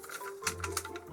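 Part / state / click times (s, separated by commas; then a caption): plastic posts on a transforming toy figure going into their ports / seated / 0.5 s, 0.8 s. During the robot-to-vehicle transformation of a plastic Mechanical Alliance Death Roll figure (KO Upscaled SS Mixmaster), two plastic posts are swung back and lined up into their two ports. They pop into place with sharp plastic clicks at 0.5 s and 0.8 s, with fainter ticks around 0.6 s, 1.0 s and 1.2 s over a low steady hum. Both posts seat properly.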